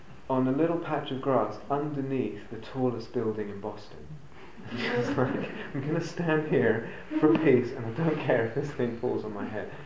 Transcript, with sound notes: on a little patch of grass underneath the tallest building in Boston. [laughter] It's like, "I'm going to stand here for peace, and I don't care if this thing falls on my head!"